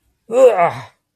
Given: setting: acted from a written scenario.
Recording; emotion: vocal sound without words; negative surprise